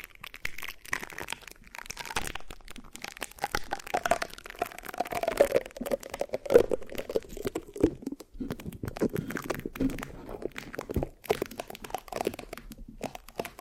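Dense, uneven scratching and crinkling on a microphone, with sticky crackles and sharp taps scattered throughout, pausing briefly around eight and eleven seconds.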